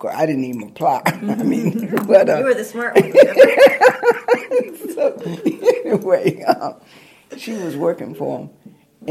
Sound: laughter

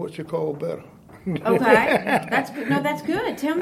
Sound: laughter

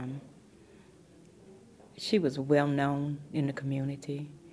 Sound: none

